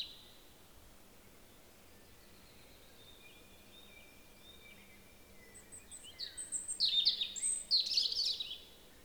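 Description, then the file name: European robin: after a long quiet stretch with faint thin whistles, a short burst of high, sparkling, jumbled song near the end. "Erithacus rubecula"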